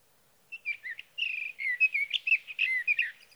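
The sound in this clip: Sage thrasher song, a quick run of slurred, warbling notes, some buzzy and some whistled, lasting nearly three seconds.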